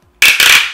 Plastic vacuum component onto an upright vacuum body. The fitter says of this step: yeah at the end you should hear that click